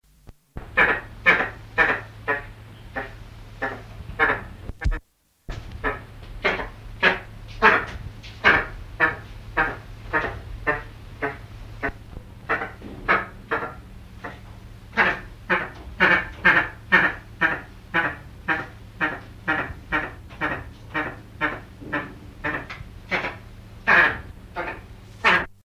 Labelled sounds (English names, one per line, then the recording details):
Boat-billed Heron call
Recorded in captivity
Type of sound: call
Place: Zoo Köln, Nordrhein-Westfalen, DE
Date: 1975-02-15
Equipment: Halbspur, 9,5 cm/s
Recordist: Lütgens, Hans
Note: Etwas aggressiv erregt